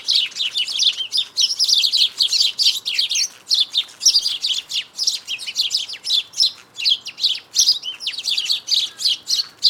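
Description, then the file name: House sparrow chirping, a dense continuous stream of bright overlapping chirps, loud and unbroken throughout. "Passer domesticus"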